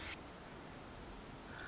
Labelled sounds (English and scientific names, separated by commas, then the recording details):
Pacific Wren (Troglodytes pacificus)
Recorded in Sonoma County, California